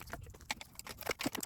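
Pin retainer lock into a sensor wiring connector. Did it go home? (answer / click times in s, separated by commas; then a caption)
no / none. Someone works on MAP sensor wiring, pushing the plastic pin lock (secondary retainer) of a sensor wiring connector toward its locked position, where it will keep the pins from coming out. Short, light plastic taps and rattles spread across the clip, with the clearest hits near 0.1, 0.5, 0.8, 1.1, 1.25 and 1.4 seconds. The lock is still being handled and nothing has seated or clicked yet.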